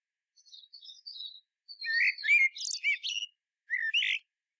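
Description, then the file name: Common blackbird song: soft high twittering notes, then a loud mellow warbled phrase with squeaky high flourishes, ending in a separate full whistled note. "Turdus merula"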